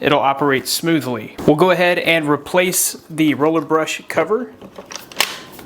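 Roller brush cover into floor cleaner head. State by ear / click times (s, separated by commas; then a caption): not seated / none. Someone talks while handling the plastic roller brush cover of an Osotek Horizon H200 wet floor cleaner, about to push it back onto the cleaning head. Speech fills most of the clip, with a brief sharp sound at the very end. Nothing has seated or clicked yet.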